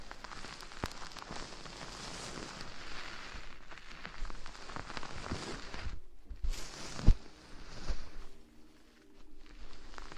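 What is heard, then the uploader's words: Soft ear blowing: breathy airy gusts with crackly rustling, a sharp puff near seven seconds, and a quieter pause around nine seconds. ASMR Ear blowing.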